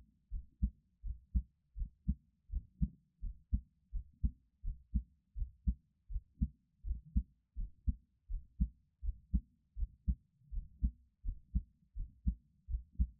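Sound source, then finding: Heart. Normal heartbeat.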